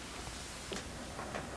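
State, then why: Seated. The plastic reset button on the combination lock of a Mana smell-proof storage bag is pressed down with a paper clip or pen tip over a steady hiss of background noise. It snaps down into place with a short, sharp click at 0.7 s, followed by a few faint ticks, and the button is seated.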